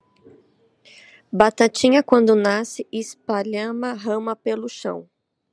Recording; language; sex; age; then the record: short text; Brazilian Portuguese; female; 30 to 39 years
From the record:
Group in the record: control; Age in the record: 33 years